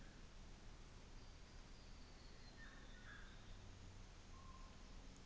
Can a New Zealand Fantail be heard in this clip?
no